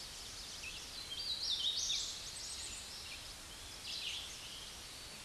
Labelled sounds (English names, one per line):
Hooded Warbler song